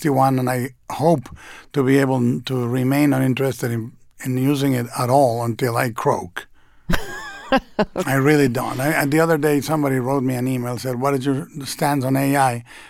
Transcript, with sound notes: I'm 61, and I hope to be able to remain uninterested in using it at all until I croak.
(Laughter).
I really don't. The other day, somebody wrote me an email, said, what is your stance on AI?